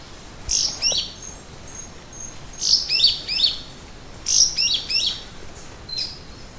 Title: LuckyPassaro Completos2Sama. Yellow-green Grosbeak (Caryothraustes canadensis)